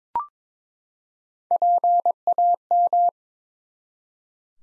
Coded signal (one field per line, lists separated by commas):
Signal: Morse code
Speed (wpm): 22 wpm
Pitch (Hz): 700 Hz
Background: none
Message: PAM